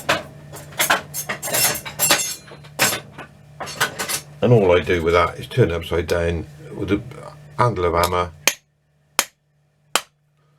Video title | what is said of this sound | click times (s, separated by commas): Kaiser movement part 2 of 5 | you hear it pop. | 10.0 s